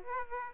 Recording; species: mosquito wingbeat signal from an infrared sensor; Aedes aegypti